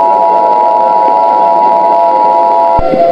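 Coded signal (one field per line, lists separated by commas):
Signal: Emergency Alert System (SAME) tones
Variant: 853 and 960 Hz attention tone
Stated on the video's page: Fictional EAS scenario, not a real alert.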